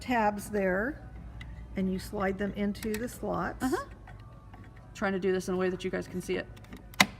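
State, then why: Seated. Someone talks while sliding the tabs of a plastic cover stitch table into the slots on a serger and pushing it home. A few faint clicks come as it is fitted, then a sharp, loud snap at 7.0 s as the cover stitch table seats firmly in place.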